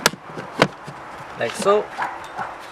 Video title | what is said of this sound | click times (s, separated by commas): BMW E90 Cabin Filter Replacement - BMW E90 3 Series - Mann Filter | for the installation process just to reverse of whatever you did to remove it in this case locks into place like | 0.1 s, 0.6 s